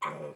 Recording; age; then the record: pig call; piglet (1 to 25 days)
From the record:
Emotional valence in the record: negative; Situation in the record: restrain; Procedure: in the arms of a person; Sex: male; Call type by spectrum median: low-frequency call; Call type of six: low-frequency stable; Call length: 0.36 s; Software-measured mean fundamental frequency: 76 Hz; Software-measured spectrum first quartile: 527 Hz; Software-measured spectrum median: 989 Hz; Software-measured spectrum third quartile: 1346 Hz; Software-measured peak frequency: 995 Hz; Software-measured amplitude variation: 119 dB a second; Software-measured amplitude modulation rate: 18.2 a second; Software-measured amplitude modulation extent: 6.5 dB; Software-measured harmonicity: 5.5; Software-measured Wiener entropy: -0.96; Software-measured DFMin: 908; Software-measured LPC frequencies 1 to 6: 573, 1091, 2204, 3231, 4263, 5430 Hz